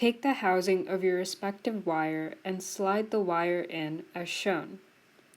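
A crimped contact on 12 gauge wire is being handled for sliding into a plastic power-connector housing while someone talks throughout. Nothing has seated or clicked yet; only a faint short tick is heard at 5.3 s as the clip ends.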